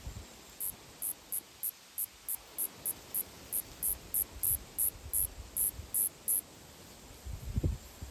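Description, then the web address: Huechys phaenicura call, a series of short high bursts repeated about three times a second, then stopping well before the end, over low background rumble. Recorded in Antique, Panay Island, Philippines. "huechys-phaenicura-germar-1834-from-antique-panay-is-philippines"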